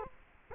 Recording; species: mosquito wingbeat signal from an infrared sensor; Culex quinquefasciatus